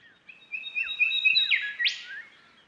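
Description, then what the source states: Golden Whistler song: a series of clear whistled notes followed by a sharp upward whipcrack. Sings in a competition, another bird answering from elsewhere, to show how healthy and how good it is feeling.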